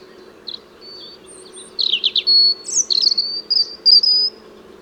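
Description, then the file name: European robin: scattered thin notes, then a bright sequence of fast twittering trills, sliding squeaks and sustained high whistles, over a quiet low hum. "Erithacus rubecula"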